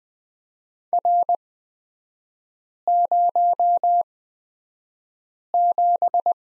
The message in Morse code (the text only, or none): R07